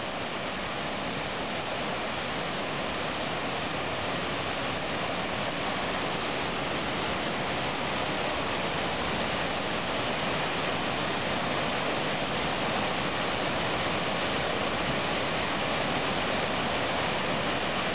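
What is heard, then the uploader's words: Rushing water from a nearby stream fills the whole recording with a steady, dense roar that never lets up. The sound is bright and hissing, with a rumbling low churn underneath, and it stays at an even level throughout. Rushing water near stream. Ambient sounds from the pagodas near the stream at the base of Mt. Emeishan, near Leshan, China.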